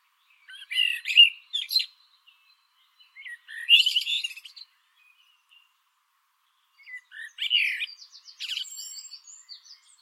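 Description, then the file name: Common blackbird delivering three song phrases about three seconds apart, each with rich whistled notes followed by thin, high twittering. "Turdus merula"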